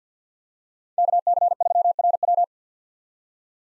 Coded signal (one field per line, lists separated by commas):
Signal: Morse code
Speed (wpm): 50 wpm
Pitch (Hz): 700 Hz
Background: none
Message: KC3RW